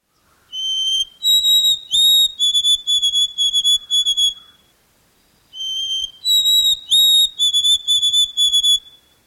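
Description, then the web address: White-throated sparrow whistled song, heard twice: a clear opening note, a higher note, then a run of steady repeated whistles at one pitch. "Thumbs Plus Zoo Field Guide Repository Sounds"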